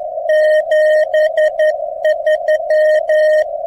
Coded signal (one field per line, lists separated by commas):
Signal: Morse code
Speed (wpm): 12 wpm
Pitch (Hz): 620 Hz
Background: radio noise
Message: 73